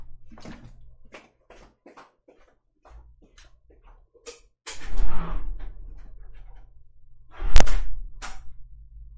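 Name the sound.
door being opened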